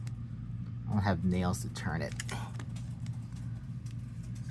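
Someone talks while using a fingernail to twist the clear plastic center core of a MoYu V10 speed cube, lining up its small teeth to remount it into the center piece. Faint, short plastic ticks and handling noises are heard under a steady low hum. Nothing has seated or clicked into place yet.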